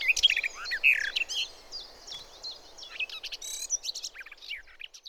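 Garden warbler song with quick, mellow warbled notes at the start and end, and thin, level, whistled notes between.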